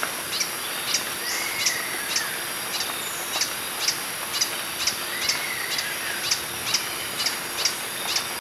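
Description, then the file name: Green hermit giving brief, piercing high notes in a steady series of about two per second, over a constant insect drone, with an occasional lower slurred whistle. "Phaethornis guy - Green Hermit"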